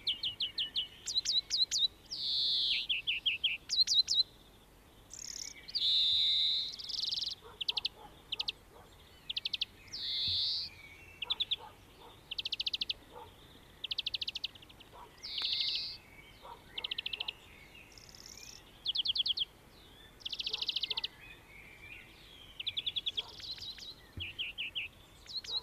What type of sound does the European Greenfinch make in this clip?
song